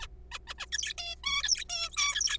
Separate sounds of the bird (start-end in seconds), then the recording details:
0.01-0.07, 0.32-0.38, 0.48-0.54, 0.59-0.66, 0.72-0.94, 0.98-1.16, 1.24-1.43, 1.43-1.65, 1.70-1.89, 1.92-1.96, 1.97-2.37. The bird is a juvenile. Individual R3428